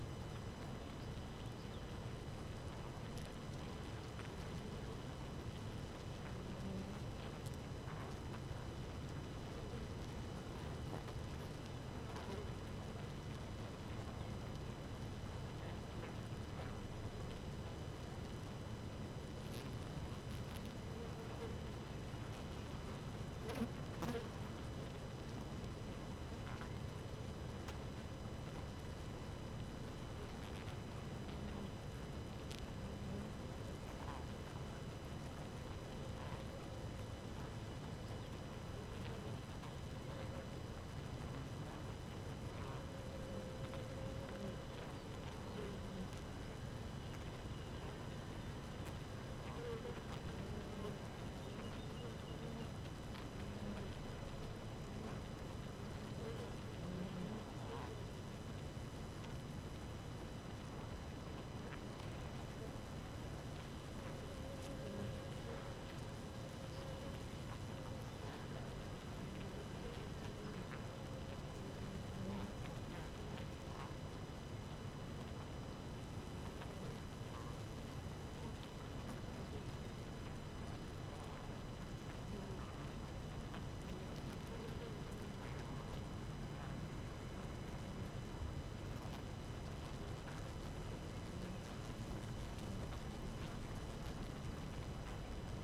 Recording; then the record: honeybee colony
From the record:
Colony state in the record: active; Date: 12 June 2018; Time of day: 4:30